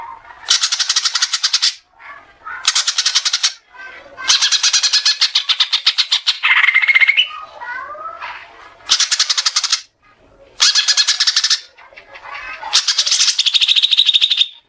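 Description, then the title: Oriental magpie-robin song of harsh, buzzy rattling bursts repeated several times, with short whistled and warbled notes in the pauses between. "Kacer"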